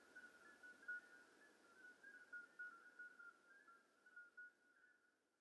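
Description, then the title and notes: Common midwife toads piping in chorus, short flute-like notes repeated rapidly by several callers, fading slightly toward the end. Flute-like calls of hundreds of toads calling simultaneously at slightly different pitches in an old disused quarry, outskirts of Lerouville; calling begins at dusk, continues through night; recorded just after midnight. "Outskirts of Lerouville. Common Midwife Toads. Recorded by Colin Hunter. Music for Sleep project"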